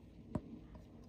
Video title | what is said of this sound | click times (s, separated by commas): UNBOXING GEMINI 200 DELTA B757-200 757-232 g2DAL1307 | it just snaps right in here | 0.4 s